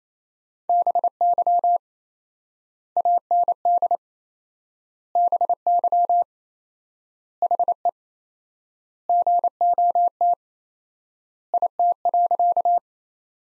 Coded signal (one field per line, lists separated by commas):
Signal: Morse code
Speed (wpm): 27 wpm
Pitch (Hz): 700 Hz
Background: none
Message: BY AND BY HE GOT IT.